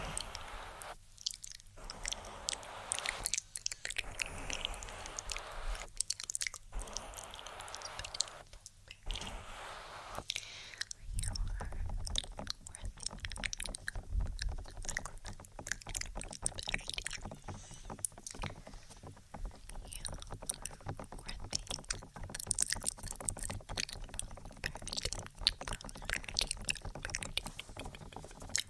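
Soft whispering with short pauses in the first ten seconds, then dense, rapid tapping and rustling right at the ear, with occasional low thumps.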